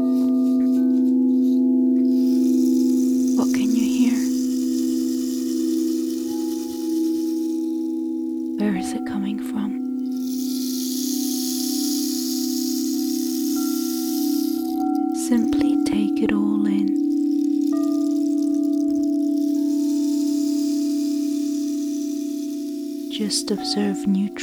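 Crystal and Tibetan sound bowls ring in a steady, low humming drone that holds through the whole stretch, with higher tones floating above. Brief soft strikes or rustles land around 4, 9, 15 and 24 seconds, and bright airy washes swell and fade between them.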